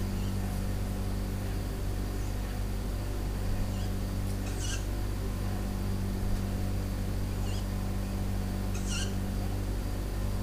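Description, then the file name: Owl giving several short, high, squeaky notes spaced a few seconds apart, with a continuous low mechanical hum underneath. Owl heard indoors with a fridge; dated 10 06 17; recorded on an MZ-N710. "Chouette pendule frigo 10 06 17"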